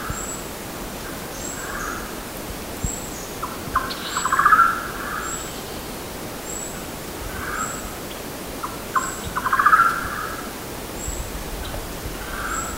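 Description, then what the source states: Golden-naped barbet calls, a mid-pitched phrase of quick repeated notes building to a louder burst, given twice about five seconds apart, over steady background hiss and faint high whistles. Recorded on Mt Kinabalu, Bukit Ular, 14 August 2009.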